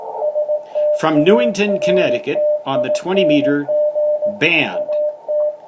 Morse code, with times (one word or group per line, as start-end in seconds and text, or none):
0.2-4.3 STARTING
4.8-5.5 AT